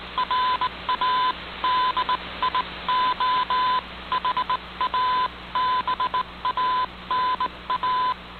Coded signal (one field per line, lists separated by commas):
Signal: Morse code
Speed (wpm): 18 wpm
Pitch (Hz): 1010 Hz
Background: none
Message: RADIOHABANA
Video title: Radio Havana Cuba DXers Unlimited Jan 29 2019 on 15140Khz Shortwave Radio R8600